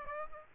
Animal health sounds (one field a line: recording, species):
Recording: mosquito wingbeat signal from an infrared sensor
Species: Aedes aegypti